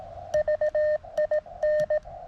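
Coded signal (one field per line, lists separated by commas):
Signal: Morse code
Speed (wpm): 17 wpm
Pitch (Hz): 610 Hz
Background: none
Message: VIN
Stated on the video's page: Live QRP CW contacts on 20 m with a Mountain Topper MTR-3B into a resonant 17-foot whip with radials, no tuner.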